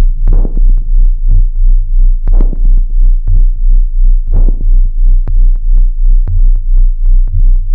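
Rapid, steady, low thumping beats repeat in a regular rhythm over a constant deep hum, with faint crackly noise on top. This is a cosmonaut's heartbeat, a fast but even heart rhythm.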